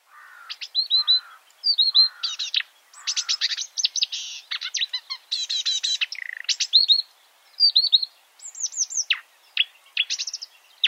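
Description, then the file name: Marsh warbler song: a fast, varied jumble of high chirps, whistled slurs, buzzes and rattling trills, phrases changing constantly with brief pauses between bursts. "suara kicauan burung marsh warbler. omkicau"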